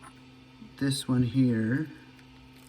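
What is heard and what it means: A small Wyze Sense door/window contact sensor is handled over a 3D-printed plastic switch bracket with a lip, before being pressed in. Someone talks briefly over a steady low hum, followed by faint handling noises. Nothing has seated or clicked yet.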